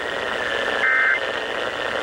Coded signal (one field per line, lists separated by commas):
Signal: Emergency Alert System (SAME) tones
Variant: end-of-message bursts